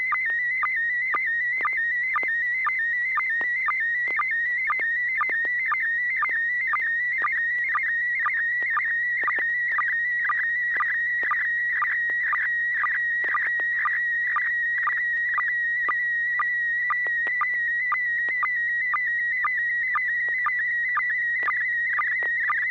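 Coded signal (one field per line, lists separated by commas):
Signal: SSTV (slow-scan television)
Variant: PD mode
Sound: warbling whistle near 2 kHz with steady rhythmic low blips, like a buzzing scan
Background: low hum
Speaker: okay there we go uh this is going to be pd220 n6 [Music] pgq e e I d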